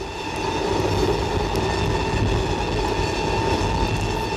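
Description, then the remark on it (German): An express train bound for Rome rolls steadily along the rails with a continuous low rumble and a faint high metallic whine, the roar holding an even loudness throughout with no voices. “ausgekuppelt, abgehängt und mich damit endgültig aus meinem Kurswagen nach Triest hinaus und in den Express nach Rom hineinrangiert.”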